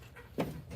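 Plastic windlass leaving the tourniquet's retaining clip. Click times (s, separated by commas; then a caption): 0.4 s. A plastic tourniquet windlass is pulled back out of its plastic retaining clip. A single sharp pop sounds at 0.4 s as it comes out, against a quiet low background. The windlass is released and no longer held in place.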